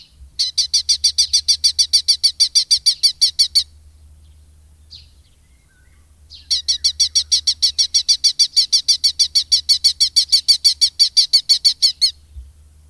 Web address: agykontroll Madardalok Cd 2. Kék vércse